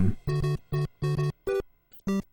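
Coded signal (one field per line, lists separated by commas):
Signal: none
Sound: musical notes in a song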